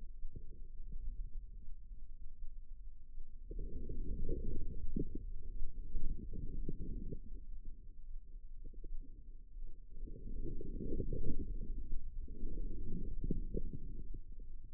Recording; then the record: forearm muscle sounds (acoustic myography)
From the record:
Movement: inward rotation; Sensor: system 2, bracelet of six BSWA MPA416 microphones around the upper forearm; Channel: 4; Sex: female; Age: 25 years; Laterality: right